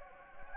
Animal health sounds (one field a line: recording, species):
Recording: mosquito wingbeat signal from an infrared sensor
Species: Anopheles gambiae